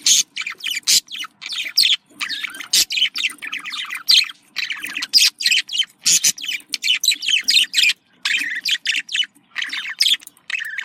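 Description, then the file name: Budgerigars chattering: rapid, busy streams of warbled chirps and harsh squawky notes, broken by short pauses. A pair of budgerigars. "paired sound budgie"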